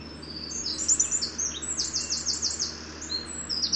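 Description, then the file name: Eurasian wren delivering a vigorous, very high trilling song with rapid repeated notes and rattles throughout, over a steady low hum. "Troglodytes troglodytes"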